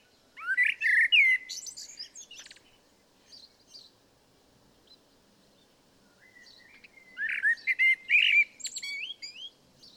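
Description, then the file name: Two blackbird phrases, each a rich fluty warble followed by thin high squeaks and chatter, separated by several quiet seconds. "Turdus merula"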